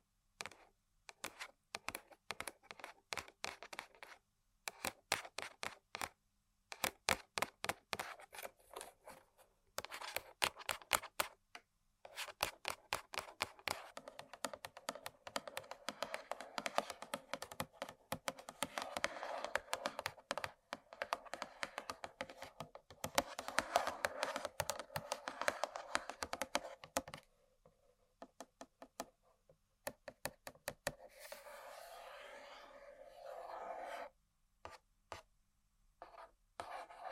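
Tapping and scratching on objects, a quick run of sharp clicks in uneven bursts, much like typing, with brief silent gaps. Around 31 to 34 seconds the taps give way to a steadier scratching rub, then a few last scattered taps.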